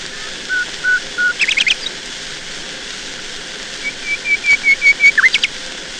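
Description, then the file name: Nightingale song: three low whistles, a quick rattle, then a pause before a series of higher piping notes swelling in loudness, ending in a downward flourish. "Solovei"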